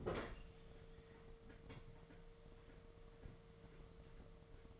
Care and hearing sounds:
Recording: daily activity, microphone in the room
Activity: open fridge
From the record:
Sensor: 4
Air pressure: 1015.9 hPa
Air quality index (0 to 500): 192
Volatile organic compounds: 10 ppm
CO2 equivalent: 2214 ppm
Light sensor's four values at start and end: 11/26/10/10 and 8/18/7/8

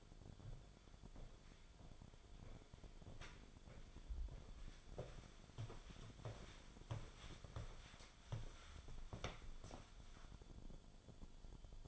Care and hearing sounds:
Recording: daily activity, microphone in the room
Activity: walk to room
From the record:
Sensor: 5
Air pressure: 1010.2 hPa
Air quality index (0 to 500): 135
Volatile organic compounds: 3 ppm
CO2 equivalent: 1320 ppm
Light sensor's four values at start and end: 272/679/285/313 and 273/662/284/317

